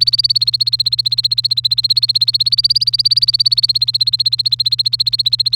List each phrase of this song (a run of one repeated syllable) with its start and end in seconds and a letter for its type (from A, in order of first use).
0.00-5.55 A